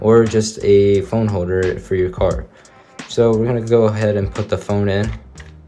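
An iPhone 14 Pro is being handled to go into a plastic MagSafe protective case while someone talks, with a brief faint tap near the very end. The clip ends before the phone goes home, so nothing has seated or clicked yet.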